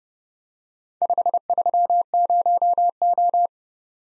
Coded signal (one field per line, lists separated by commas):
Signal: Morse code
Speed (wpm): 30 wpm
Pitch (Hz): 700 Hz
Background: none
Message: 530O